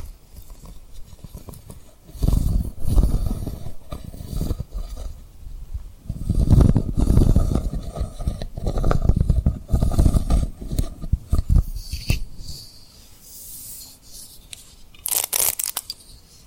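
Tapping and rubbing on rhinestones with soft mouth sounds, dense low rustling swells from two to twelve seconds, then quieter crisp taps near the end.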